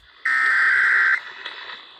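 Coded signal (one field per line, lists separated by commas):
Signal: Emergency Alert System (SAME) tones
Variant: header bursts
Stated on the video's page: Real EAS tests received from broadcast stations.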